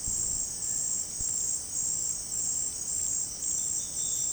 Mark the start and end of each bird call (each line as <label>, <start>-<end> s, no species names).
bird call, 0.41-1.02 s